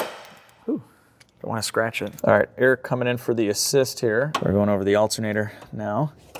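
A helper holds the tensioner while a new serpentine belt is worked over the alternator pulley on an off-road AMG Mercedes, with a brief knock near 0.7 s and faint ticks around 1.2 s. Someone talks over most of the clip. Nothing has seated or clicked yet; the belt is not yet on the pulley.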